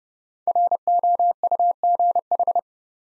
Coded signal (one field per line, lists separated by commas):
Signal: Morse code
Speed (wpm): 28 wpm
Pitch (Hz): 700 Hz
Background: none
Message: ROUGH